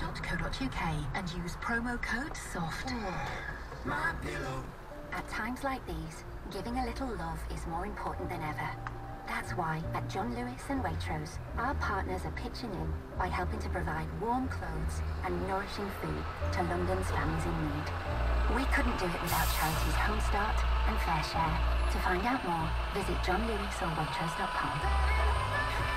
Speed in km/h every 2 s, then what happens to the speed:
5, 0, 0, 0, 0, 0, 0, 0, 0, 0, 0, 0, 0.
1-26 standing.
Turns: none.